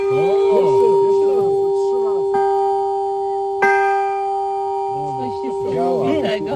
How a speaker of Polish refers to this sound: Tyle lat się nie zepsuł. Tak dzwoni dzwon. Więc pierwszy raz od 41 roku. Ale 88 lat i wciąż nieźle brzmi.